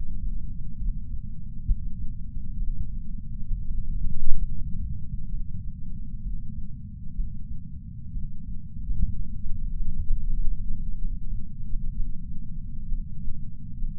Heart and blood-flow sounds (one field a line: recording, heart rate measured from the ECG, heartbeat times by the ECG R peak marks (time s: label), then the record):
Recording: heart sounds by patch sensor on the chest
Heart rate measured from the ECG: 65 bpm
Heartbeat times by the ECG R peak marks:
0.78 s: heartbeat
1.66 s: heartbeat
2.58 s: heartbeat
3.49 s: heartbeat
4.40 s: heartbeat
5.30 s: heartbeat
6.23 s: heartbeat
7.16 s: heartbeat
8.13 s: heartbeat
9.11 s: heartbeat
10.06 s: heartbeat
10.99 s: heartbeat
11.95 s: heartbeat
12.89 s: heartbeat
13.80 s: heartbeat
From the record:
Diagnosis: coronary artery disease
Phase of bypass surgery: preoperative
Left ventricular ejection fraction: 43.1%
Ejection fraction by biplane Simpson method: 44.4%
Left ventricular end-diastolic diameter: 60 mm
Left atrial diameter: 37 mm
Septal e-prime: 5.3 cm/s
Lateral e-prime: 8.1 cm/s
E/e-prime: 7.6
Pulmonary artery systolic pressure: 20 mmHg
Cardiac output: 4.08 L/min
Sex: male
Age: 57 years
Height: 183 cm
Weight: 85 kg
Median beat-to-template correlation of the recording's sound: 0.82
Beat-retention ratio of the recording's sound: 0.97